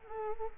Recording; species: mosquito wingbeat signal from an infrared sensor; Culex quinquefasciatus